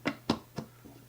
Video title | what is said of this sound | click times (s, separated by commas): MOVO GM-7 XLR and USB Mic Unboxing: How Does it Perform? | in there till it snaps this can bend I like that actually because you got bending on both sides | 0.3 s